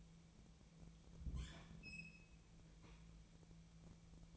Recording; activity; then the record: daily activity, microphone in the room; open fridge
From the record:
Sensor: 1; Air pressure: 1000.0 hPa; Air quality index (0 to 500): 133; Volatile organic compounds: 2 ppm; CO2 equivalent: 1258 ppm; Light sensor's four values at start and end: 37/92/39/47 and 36/92/39/47